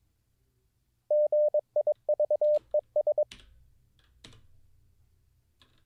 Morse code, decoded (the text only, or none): GIVES